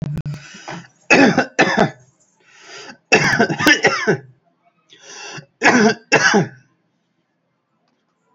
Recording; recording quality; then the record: heavy voluntary cough; excellent, no background noise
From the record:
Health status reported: healthy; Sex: male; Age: 39 years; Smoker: no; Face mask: not worn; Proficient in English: yes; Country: India